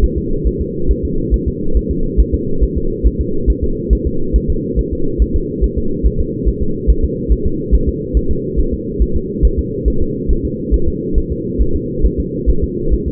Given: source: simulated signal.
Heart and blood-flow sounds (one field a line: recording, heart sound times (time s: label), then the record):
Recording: fetal heart sounds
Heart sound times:
0.04 s: S1
0.18 s: S2
0.47 s: S1
0.61 s: S2
0.91 s: S1
1.05 s: S2
1.34 s: S1
1.48 s: S2
1.77 s: S1
1.91 s: S2
2.20 s: S1
2.34 s: S2
2.63 s: S1
2.77 s: S2
3.07 s: S1
3.21 s: S2
3.50 s: S1
3.64 s: S2
3.93 s: S1
4.07 s: S2
4.36 s: S1
4.50 s: S2
4.79 s: S1
4.93 s: S2
5.22 s: S1
5.36 s: S2
5.64 s: S1
5.78 s: S2
6.06 s: S1
6.21 s: S2
6.48 s: S1
6.62 s: S2
6.90 s: S1
7.04 s: S2
7.32 s: S1
7.46 s: S2
7.75 s: S1
7.89 s: S2
8.17 s: S1
8.31 s: S2
8.60 s: S1
8.74 s: S2
9.02 s: S1
9.16 s: S2
9.45 s: S1
9.59 s: S2
9.88 s: S1
10.02 s: S2
10.31 s: S1
10.45 s: S2
10.74 s: S1
10.88 s: S2
11.18 s: S1
11.32 s: S2
11.62 s: S1
11.76 s: S2
12.05 s: S1
12.20 s: S2
12.50 s: S1
12.64 s: S2
12.94 s: S1
13.08 s: S2
From the record:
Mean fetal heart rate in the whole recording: 140 bpm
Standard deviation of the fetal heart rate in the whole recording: 2 bpm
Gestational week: 34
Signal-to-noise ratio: -8.1 dB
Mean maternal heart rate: 72 bpm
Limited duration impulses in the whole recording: absent